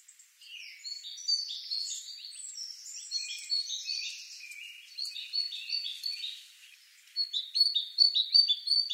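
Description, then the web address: Great tit chatter: a dense tangle of high overlapping notes for several seconds, then a clearer run of fast repeated notes at the end. "SETE data Parus major"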